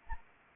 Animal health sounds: mosquito wingbeat signal from an infrared sensor; Anopheles arabiensis

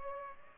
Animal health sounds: mosquito wingbeat signal from an infrared sensor; Culex pipiens

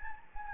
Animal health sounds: mosquito wingbeat signal from an infrared sensor; Anopheles gambiae

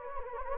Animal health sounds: mosquito wingbeat signal from an infrared sensor; Anopheles gambiae

